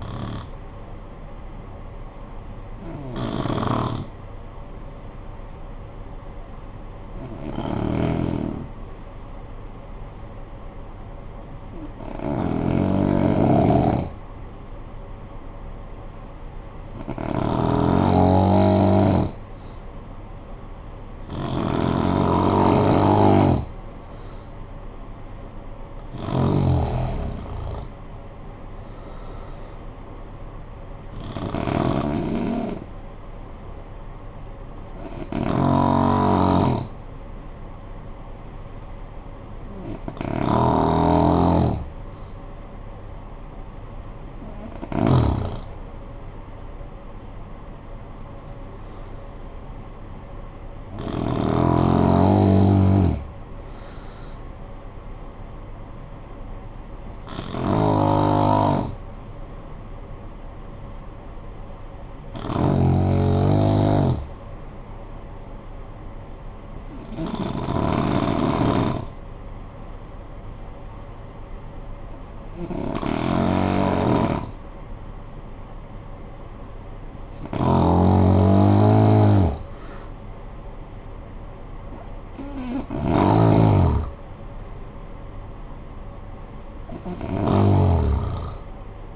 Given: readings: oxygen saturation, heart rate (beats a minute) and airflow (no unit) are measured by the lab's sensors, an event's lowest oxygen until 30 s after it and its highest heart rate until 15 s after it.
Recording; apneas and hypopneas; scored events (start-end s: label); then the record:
breathing in sleep by a smartphone at the bedside; 2
4.00-26.00 s: hypopnea (N1, oxygen 95% highest, then 88% lowest, heart rate 50 at the start, 64 highest)
59.00-79.20 s: hypopnea (N1, oxygen 95% highest, then 88% lowest, heart rate 51 at the start, 65 highest)
From the record:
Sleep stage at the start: N1 (lightest sleep); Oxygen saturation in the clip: 80 to 95%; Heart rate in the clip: 50 to 65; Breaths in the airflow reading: 19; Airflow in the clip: -11.5 to 13.6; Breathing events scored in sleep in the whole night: 445 in 7.6 hours asleep